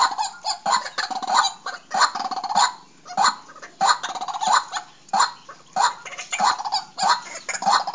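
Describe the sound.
Bird producing loud honking, grating call bursts at a steady pace, roughly one every 0.6 seconds, with brief gaps between.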